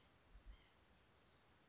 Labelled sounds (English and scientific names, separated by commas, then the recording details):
White-breasted Nuthatch (Sitta carolinensis)
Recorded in Sonoma County, California